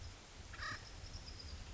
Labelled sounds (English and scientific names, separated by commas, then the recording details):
Acorn Woodpecker (Melanerpes formicivorus)
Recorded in Sonoma County, California